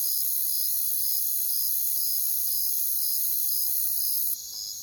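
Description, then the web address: Cricket chirping in short, even pulses about twice a second over a dense high trilling chorus, which drops off suddenly near the end. "Nature Songs Nature Sounds Sounds of Nature Collection Crickets"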